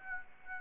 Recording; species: mosquito wingbeat signal from an infrared sensor; Aedes aegypti